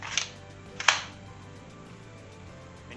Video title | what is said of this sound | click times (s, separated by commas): First look: Craftsman battery powered nail gun review plus drill and impact!! | close this let's call it a magazine close this until it snaps and you're | 0.9 s